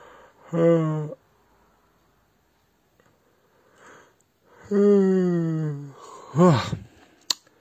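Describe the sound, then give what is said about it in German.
A person yawns several times: drawn-out, groaning voiced sighs that slide downward in pitch, with a soft breath between them and a brief rising-falling moan near the end, then a small click. “Ach ja, erstmal eine Runde gähnen.”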